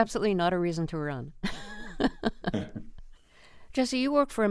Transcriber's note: laughter